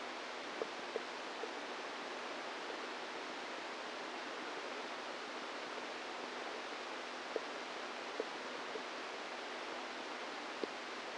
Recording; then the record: brain microelectrode recording played as sound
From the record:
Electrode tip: inside the subthalamic nucleus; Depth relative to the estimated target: -1 mm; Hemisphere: right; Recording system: NeuroSet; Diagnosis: Parkinson's disease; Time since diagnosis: 10 years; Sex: female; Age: 45 years